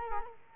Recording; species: mosquito wingbeat signal from an infrared sensor; Culex quinquefasciatus